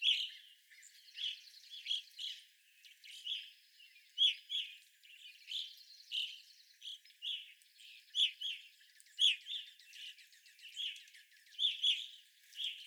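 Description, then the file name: Evening grosbeaks giving chirping calls in irregular clusters. Recorded 25 April 2021; several evening grosbeaks. "2021-04-25 Evening Grosbeaks"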